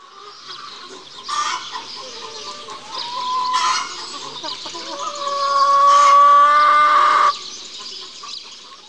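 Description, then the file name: Chicken calls, a few short clucking bursts and drawn-out tonal notes that swell near the end, over a steady background hiss. A hen with a chick. "kura i kurcze"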